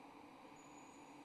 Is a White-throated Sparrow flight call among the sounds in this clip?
no